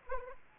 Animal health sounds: mosquito wingbeat signal from an infrared sensor; Anopheles arabiensis

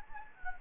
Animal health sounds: mosquito wingbeat signal from an infrared sensor; Anopheles gambiae

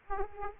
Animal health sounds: mosquito wingbeat signal from an infrared sensor; Aedes aegypti

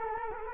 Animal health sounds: mosquito wingbeat signal from an infrared sensor; Culex quinquefasciatus

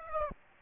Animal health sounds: mosquito wingbeat signal from an infrared sensor; Aedes aegypti

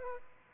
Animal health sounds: mosquito wingbeat signal from an infrared sensor; Aedes aegypti

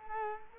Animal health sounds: mosquito wingbeat signal from an infrared sensor; Culex quinquefasciatus

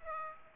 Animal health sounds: mosquito wingbeat signal from an infrared sensor; Aedes aegypti

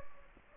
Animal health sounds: mosquito wingbeat signal from an infrared sensor; Anopheles gambiae

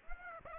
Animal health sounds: mosquito wingbeat signal from an infrared sensor; Aedes aegypti

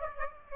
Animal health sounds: mosquito wingbeat signal from an infrared sensor; Aedes aegypti

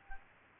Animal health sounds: mosquito wingbeat signal from an infrared sensor; Aedes aegypti

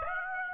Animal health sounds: mosquito wingbeat signal from an infrared sensor; Aedes aegypti

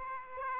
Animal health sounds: mosquito wingbeat signal from an infrared sensor; Aedes aegypti

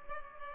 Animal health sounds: mosquito wingbeat signal from an infrared sensor; Culex pipiens

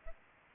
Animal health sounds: mosquito wingbeat signal from an infrared sensor; Aedes albopictus

